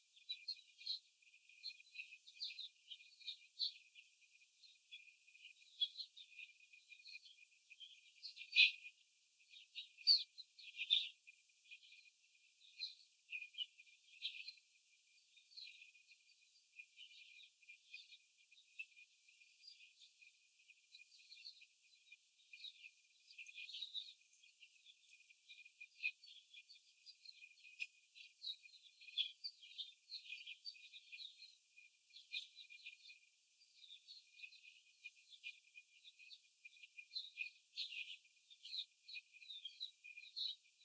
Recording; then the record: young laying hens in a cage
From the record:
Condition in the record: after the stressor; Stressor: simulated dog barking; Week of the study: 4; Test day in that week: 3